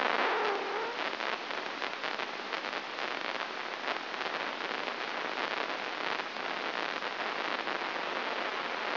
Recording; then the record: brain microelectrode recording played as sound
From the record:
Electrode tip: inside the subthalamic nucleus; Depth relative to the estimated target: 1 mm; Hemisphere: right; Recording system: AlphaMap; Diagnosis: Parkinson's disease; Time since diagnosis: 7 years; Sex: female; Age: 49 years